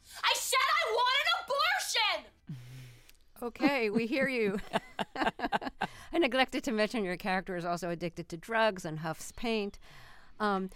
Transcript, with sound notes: I said I want an abortion.
OK, we hear you.
(LAUGHTER)
I neglected to mention your character is also addicted to drugs and huffs paint.